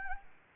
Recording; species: mosquito wingbeat signal from an infrared sensor; Anopheles gambiae